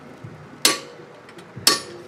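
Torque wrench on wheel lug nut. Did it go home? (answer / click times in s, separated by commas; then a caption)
yes / 0.7 s, 1.7 s. A click-type torque wrench tightens another wheel lug nut to 100 ft-lb on a VW Jetta during a front brake pad replacement. Two sharp, bright metallic clicks ring out at 0.7 s and 1.7 s, each preceded by a faint low thud. The wrench reaches its setting and the lug nut is confirmed done.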